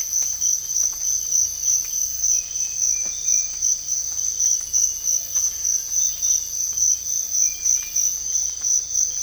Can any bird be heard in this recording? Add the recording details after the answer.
no. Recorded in dense forest near Puerto Asís, Putumayo, Colombia, on 18 December 2024 at 05:30. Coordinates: 0.484, -76.325. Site G056